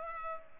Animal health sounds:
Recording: mosquito wingbeat signal from an infrared sensor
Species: Culex pipiens

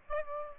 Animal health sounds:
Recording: mosquito wingbeat signal from an infrared sensor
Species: Aedes aegypti

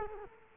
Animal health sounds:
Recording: mosquito wingbeat signal from an infrared sensor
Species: Culex quinquefasciatus

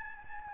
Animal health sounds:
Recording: mosquito wingbeat signal from an infrared sensor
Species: Aedes albopictus

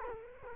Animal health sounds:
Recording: mosquito wingbeat signal from an infrared sensor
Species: Culex quinquefasciatus

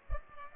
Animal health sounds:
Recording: mosquito wingbeat signal from an infrared sensor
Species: Culex pipiens

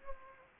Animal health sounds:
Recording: mosquito wingbeat signal from an infrared sensor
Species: Anopheles gambiae

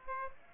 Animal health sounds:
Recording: mosquito wingbeat signal from an infrared sensor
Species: Aedes aegypti

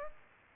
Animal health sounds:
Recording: mosquito wingbeat signal from an infrared sensor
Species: Aedes aegypti

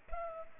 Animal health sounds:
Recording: mosquito wingbeat signal from an infrared sensor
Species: Culex pipiens

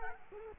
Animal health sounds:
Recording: mosquito wingbeat signal from an infrared sensor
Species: Culex quinquefasciatus

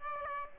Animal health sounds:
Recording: mosquito wingbeat signal from an infrared sensor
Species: Aedes aegypti

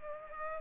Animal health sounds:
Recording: mosquito wingbeat signal from an infrared sensor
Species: Culex pipiens

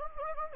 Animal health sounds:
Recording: mosquito wingbeat signal from an infrared sensor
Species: Anopheles gambiae

